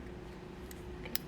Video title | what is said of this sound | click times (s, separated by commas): Speaker Setup | It snaps into place. | 1.1 s